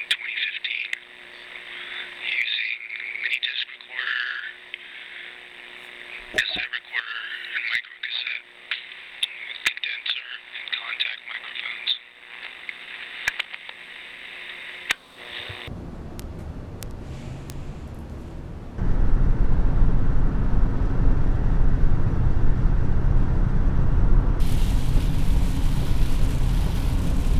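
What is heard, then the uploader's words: Field recording made while touring, opening with about fifteen seconds of warbling, fluttery tones and chatter over a steady low hum, with a few sharp clicks. It then cuts to rough rumbling noise, and from about nineteen seconds a loud, dense, steady roar takes over. Field recordings made while touring.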